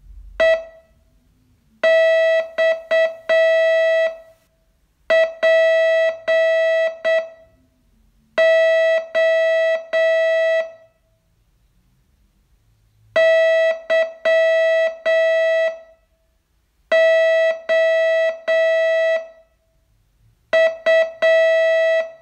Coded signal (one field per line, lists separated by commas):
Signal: Morse code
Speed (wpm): 7 wpm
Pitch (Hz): 650 Hz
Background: music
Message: EXPO YOU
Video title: Learn Morse in 42 Days from VU2LAU - day 30 test